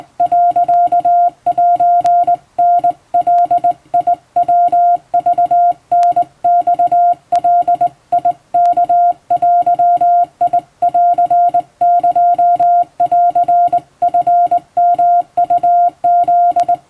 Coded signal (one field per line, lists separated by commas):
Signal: Morse code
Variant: Japanese Wabun code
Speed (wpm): 21 wpm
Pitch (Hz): 700 Hz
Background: music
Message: 、セタガヤクタマガワデンエンチヨウフ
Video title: 【手打ち和文モールス信号】綺麗に打てると手打ちもカッコイイかも！和文モールス符号を電報練習帳で打ってみました！YouTubeの再生速度を調整して聴いてみよう(morse code practice)